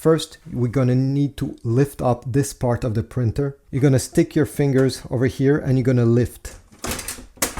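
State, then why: Seated. Someone talks while lifting the top scanner section of an HP LaserJet MFP M234sdw printer by hand. After brief handling sounds around 6.8 and 7.1 s, the scanner lid clicks into its raised position on the printer body at 7.4 s and stays in place.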